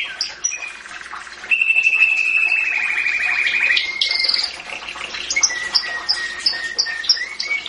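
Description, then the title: Atlantic canary song with a long rolling trill held for over two seconds, a higher buzzy burst, then a steady series of short repeated whistled notes. Described as a champion songbird. "Kicau Burung Kenari Juara"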